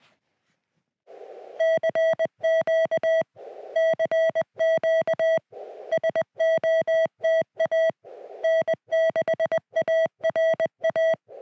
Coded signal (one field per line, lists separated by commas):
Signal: Morse code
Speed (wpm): 21 wpm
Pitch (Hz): 650 Hz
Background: music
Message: CQ CQ SOTA N6ARA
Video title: The New CFT-1 Field Radio: SOTA Activation and Hands-on Impressions